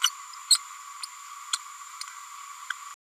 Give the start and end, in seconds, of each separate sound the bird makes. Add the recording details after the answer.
0.03-0.10, 0.50-0.58, 1.53-1.57. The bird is a female. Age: 30 days. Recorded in a nest box in Venezuela. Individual 17B102A6